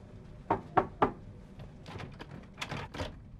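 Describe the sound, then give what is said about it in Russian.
A man knocks three sharp, evenly spaced knocks on a captain's cabin door in quick succession, followed by a scatter of quieter, muffled thuds and shuffling sounds. “Капитан в каюте не открывает ему. Они говорят через дверь.”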